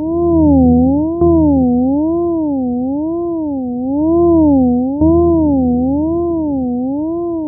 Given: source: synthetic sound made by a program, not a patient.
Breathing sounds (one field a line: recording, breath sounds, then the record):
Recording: synthetic breath sounds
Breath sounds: polyphonic wheeze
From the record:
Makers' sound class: wheeze